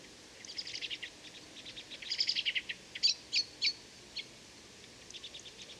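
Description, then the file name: Common blackbird calls, a run of sharp high chipping notes in quick irregular bursts, some louder notes near the middle, over faint background hiss. "Turdus merula"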